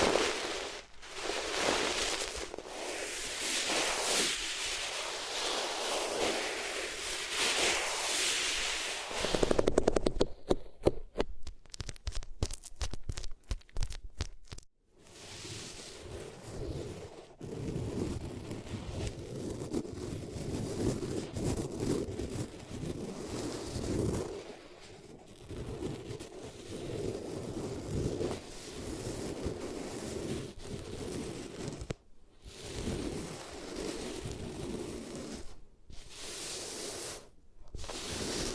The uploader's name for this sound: Rubbing Your Ears on Different Materials